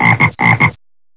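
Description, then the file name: Frog croaking, two quick pairs of rough, pulsed croaks in under a second, then silence. "rana"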